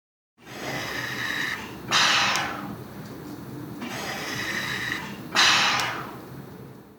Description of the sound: A ventilator.